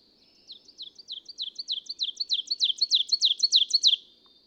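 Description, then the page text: Ovenbird song: emphatic two-note teacher phrases repeated rapidly, starting soft and growing steadily louder to a strong finish before stopping abruptly. One of three neighboring males singing; listen for subtle individual differences in teacher intonation. Recorded June 2, 2017, in a state forest in Goshen, Massachusetts. "Birdsong for the Curious Naturalist. Ovenbird. Daughters of the American Revolution State Forest, Goshen, Massachusetts"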